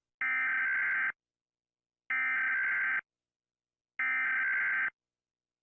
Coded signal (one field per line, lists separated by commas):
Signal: Emergency Alert System (SAME) tones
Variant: header bursts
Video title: Rating EAS Alarms again.. (READ DESCRIPTION)